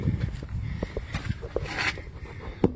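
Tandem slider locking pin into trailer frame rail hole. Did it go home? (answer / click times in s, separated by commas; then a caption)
yes / 2.6 s. A steel locking pin on a trailer's sliding tandem axle moves back into its hole in the frame rail, with a low rumble and scattered small knocks throughout. A sharp metallic hit at 2.6 s is the pin popping into place, seated, though it is hard to see.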